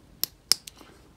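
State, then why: Seated. A metal spring clip is pushed over the carbon brush in the brush holder of an electric drill motor, being repaired because it sparks. A sharp click at 0.2 s precedes the loudest snap at 0.5 s, where the clip snaps home and is seated, and a fainter tick follows at 0.7 s.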